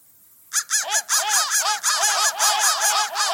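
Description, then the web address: Crow caws: a brief silence, then a quick series of harsh, arched, overlapping notes. "soundfactory crow"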